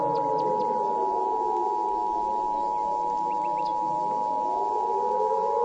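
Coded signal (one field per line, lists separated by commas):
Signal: Emergency Alert System (SAME) tones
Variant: 853 and 960 Hz attention tone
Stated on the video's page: Fictional EAS scenario, remastered.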